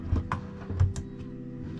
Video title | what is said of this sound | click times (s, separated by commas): Will the marketplace 300 start? | heard it snap in. | 0.3 s